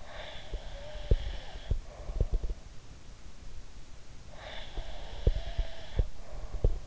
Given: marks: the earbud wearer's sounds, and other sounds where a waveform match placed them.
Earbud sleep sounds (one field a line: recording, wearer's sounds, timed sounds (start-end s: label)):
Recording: sounds in sleep by an in-ear microphone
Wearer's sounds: breath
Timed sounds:
0.00-2.34 s: breath
0.48-2.59 s: sound from someone else or the room
4.28-6.84 s: breath
4.75-6.86 s: sound from someone else or the room